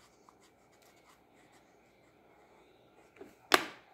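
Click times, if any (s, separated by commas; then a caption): 3.5 s. A plastic cap is pushed back onto an acrylic paint marker; unlike Sharpie caps, which are sometimes left not fully closed, this cap gives an audible click when it seats. After quiet background with faint small ticks near 0.3 s and 3.2 s, a sharp, bright click rings out at 3.5 s and decays briefly, and the cap is seated closed.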